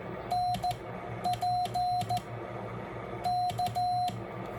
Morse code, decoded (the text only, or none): NP K